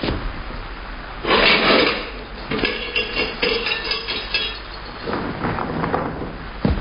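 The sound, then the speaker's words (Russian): A heavy door thuds shut, followed by several seconds of metallic rattling and clicking as a key turns in the lock from outside, ending with a few more sharp clunks. “Может, оставил дверь не запертой? Нет, запер.”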